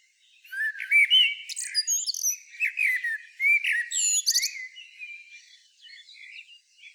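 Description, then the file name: Common blackbird song: mellow fluted warbles with squeaky high twitters woven through, phrases following one another quickly with brief gaps. "Turdus merula"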